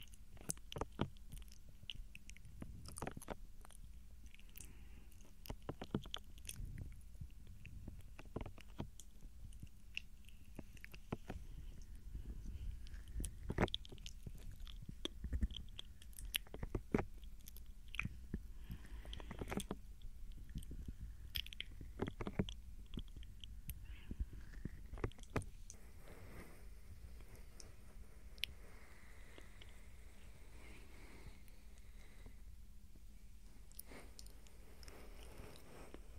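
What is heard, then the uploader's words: Soft mouth sounds and light touching, made of quick wet clicks and taps scattered densely through the whole stretch. The sounds come in irregular bursts over a low, steady hum, with a brief quieter patch in the middle. ASMR Tingles Overload SOFT Ear Touching & GENTLE Mouth Sounds For Sleep.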